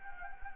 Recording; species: mosquito wingbeat signal from an infrared sensor; Anopheles gambiae